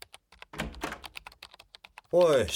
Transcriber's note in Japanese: ドア開ける